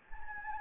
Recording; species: mosquito wingbeat signal from an infrared sensor; Anopheles gambiae